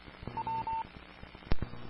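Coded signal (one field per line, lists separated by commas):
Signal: none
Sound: repeater courtesy tone beeps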